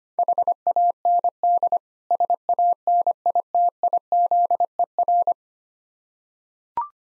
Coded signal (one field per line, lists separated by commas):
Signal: Morse code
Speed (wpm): 25 wpm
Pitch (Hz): 700 Hz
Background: none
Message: HAND SANITIZER